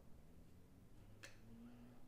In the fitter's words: guys hear a little bit of an audible click when it goes in I'll do it carefully for you guys to check it out so